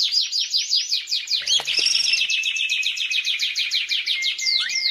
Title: mster Mnuk. Suara Kenari Gacor - Masteran Kenari Gacor Full Isian HD